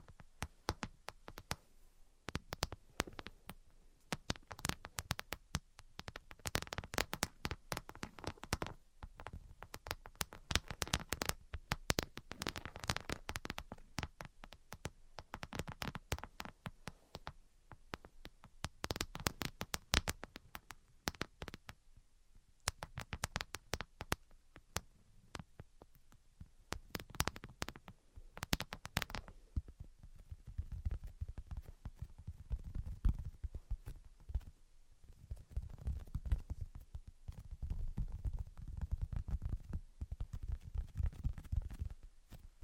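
Tapping and scratching sounds come in quick, irregular clusters, sharp clicks and brushing strokes crowding together through the first half. After about 29 seconds the sounds turn softer and lower, with slower rubbing or tracing passes and fewer bright taps.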